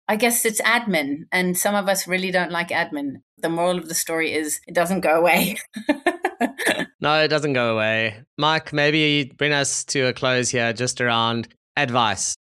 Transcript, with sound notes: I guess it's admin, and some of us really don't like admin. The moral of the story is: it doesn't go away [laughs]
No, it doesn't go away. Mike, maybe bring us to a close here just around advice.